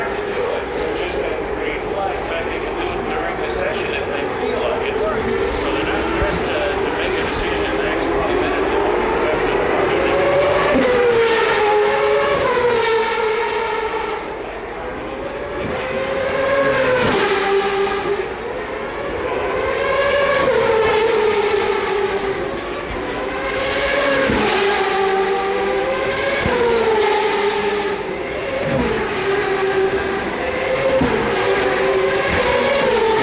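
Turbocharged V8 race cars roar steadily, their engine pitch climbing and dropping repeatedly through gear changes, with brief dips around fifteen and twenty-two seconds.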